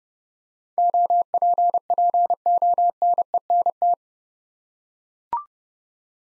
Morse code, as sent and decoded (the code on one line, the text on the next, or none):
--- .--. .--. --- -. . -. -
OPPONENT